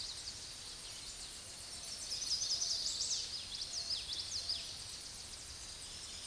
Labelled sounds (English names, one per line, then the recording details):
Common Yellowthroat song
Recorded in a Pennsylvania forest on 16 May 2024 at 06:10
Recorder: AudioMoth, point MSD-0665
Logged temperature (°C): 16.1 °C
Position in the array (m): 85 m, 83 m